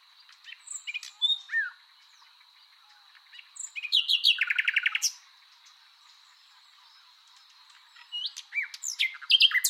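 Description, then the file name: Common nightingale song with varied phrases: brief whistles and sharp notes, then a fast, loud rattling trill of repeated notes, a pause, and more piping, slurred notes. "Luscinia megarhynchos"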